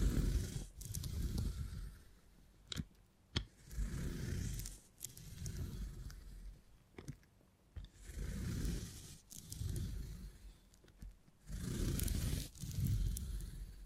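Beeswax is worked and pressed in slow, rubbing bursts that come and go every second or two, each with a soft low rumble and a papery scrape on top. Sharp crackles and snaps break in several times, around the third, seventh and eleventh seconds.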